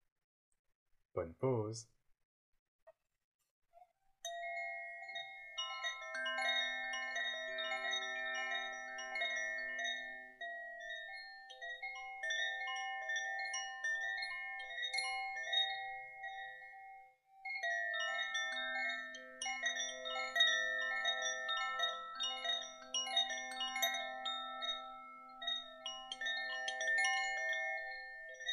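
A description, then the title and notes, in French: Koshi chimes of the Earth element ring in a steady, overlapping wash of clear tones, with mid and bright notes blending over a soft low hum. A short sliding sound opens the clip, then silence until the chimes begin around four seconds. They pause briefly near seventeen seconds and continue. Carillon Koshi élément Terre.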